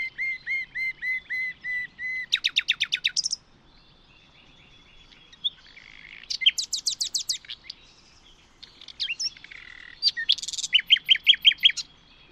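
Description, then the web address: Bird song opening with a steady string of repeated whistled notes, followed by a rapid buzzy trill, then several quick, high repeated-note phrases. "birddata Deverinetal 2025 Bird Only Lu Me"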